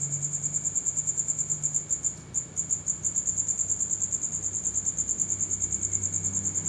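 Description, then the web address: Insect producing a shrill, rapidly pulsed trill, briefly faltering near two seconds then resuming steadily, accompanied by a low droning hum. "Insect Set 459"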